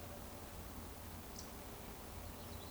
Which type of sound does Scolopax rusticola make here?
whistle